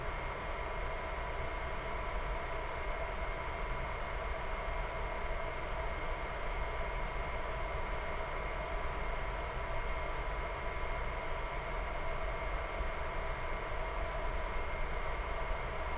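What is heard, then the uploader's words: A small server room hums steadily with the constant whir of cooling fans and machinery. The drone is dense and unchanging for the whole stretch, with a deep low rumble beneath a few steady whining tones in the middle and upper range. No separate events stand out. Small Server Room. You'll hear the sounds of sounds of a quiet server room.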